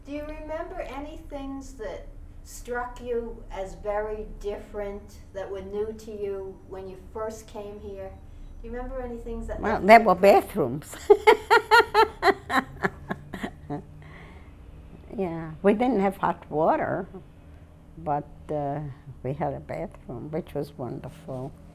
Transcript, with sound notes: Do you remember any things that struck you as very different that were new to you when you first came here? Do you remember any things that...
There were bathrooms. ( she laughs ) Yeah. We didn't have hot water, but, uh, we had a bathroom, which was wonderful.